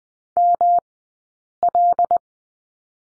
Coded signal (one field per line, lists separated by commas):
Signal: Morse code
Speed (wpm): 20 wpm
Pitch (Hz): 700 Hz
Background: none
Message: ML